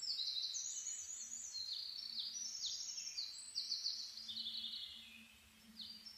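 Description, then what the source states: Bird song: quick, high, sharply falling whistled notes and slurs follow each other almost without pause, over a faint low hum. Dawn chorus (reimei) of birdsong (saezuri), 10 May 2010.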